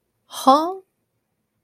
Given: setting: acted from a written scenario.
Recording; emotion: vocal sound without words; confusion